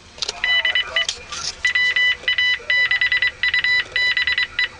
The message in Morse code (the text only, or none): DE WA6UBE